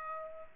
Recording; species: mosquito wingbeat signal from an infrared sensor; Aedes albopictus